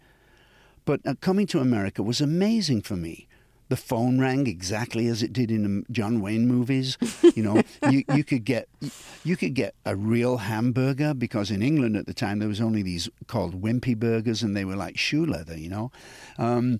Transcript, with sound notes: But coming to America was amazing for me. The phone rang exactly as it did in John Wayne movies.
(LAUGHTER)
You know, you could get - you could get a real hamburger because in England at the time there was only these - called Wimpy Burgers, and they were like shoe leather, you know.